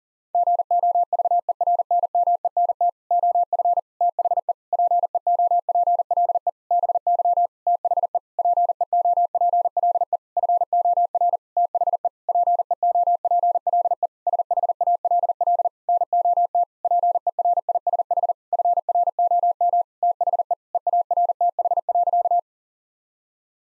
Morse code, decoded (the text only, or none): GOVERNMENT OF THE PEOPLE BY THE PEOPLE FOR THE PEOPLE SHALL NOT PERISH FROM THE EARTH.